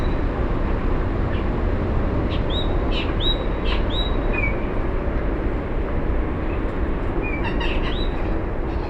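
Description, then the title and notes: Yellow-backed oriole giving a short run of clear whistled notes, some slurred downward, with a later cluster near the end, over a constant loud low rumble. Recorded at Humedal Córdoba wetland on Wednesday 17 September at 9:30 a.m., using a stereo parabolic microphone and a Zoom H5 recorder. "Icterus Chrysater. Turpial Montañero o Toche, grabado en el Humedal Cordoba el día miércoles 17 de septiembre a las 9:30 a.m"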